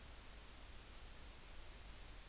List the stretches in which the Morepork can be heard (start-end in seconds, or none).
none